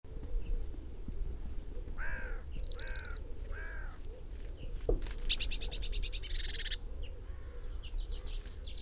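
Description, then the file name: Eurasian blue tit with a few thin, clear notes followed by a loud, buzzy, descending churring rattle lasting over a second, then quiet with a brief high chip. "Cyanistes caeruleus"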